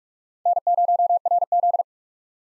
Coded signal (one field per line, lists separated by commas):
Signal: Morse code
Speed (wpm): 43 wpm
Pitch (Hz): 700 Hz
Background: none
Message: N0RZ